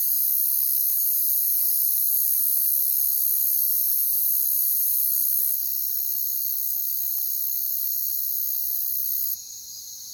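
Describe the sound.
Crickets in a dense high trilling chorus; the sound steps down in loudness twice toward the end.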